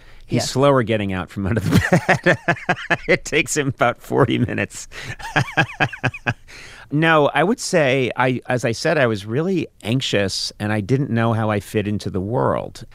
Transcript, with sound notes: slower getting out from under the bed (laughter). It takes him about 40 minutes (laughter). No, I would say - as I said, I was really anxious. And I didn't know how I fit into the world.